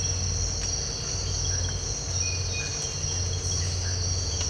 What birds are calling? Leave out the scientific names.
none